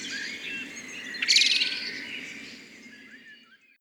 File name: Turdus merula 131108